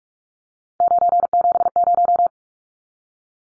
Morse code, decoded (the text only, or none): 970